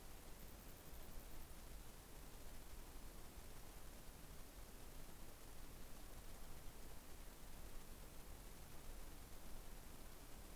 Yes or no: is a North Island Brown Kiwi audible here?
no